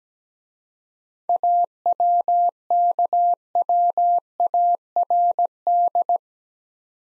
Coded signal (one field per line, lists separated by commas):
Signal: Morse code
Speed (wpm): 17 wpm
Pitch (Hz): 700 Hz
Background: none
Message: AWKWARD